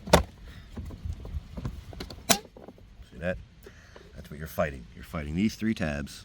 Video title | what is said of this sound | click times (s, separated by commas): How To Remove 2022-2024 KIA EV6 Driver Master Switch/Driver Window Switch. | persistently, watch, you can hear it snap in. | 0.1 s